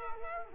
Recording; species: mosquito wingbeat signal from an infrared sensor; Culex quinquefasciatus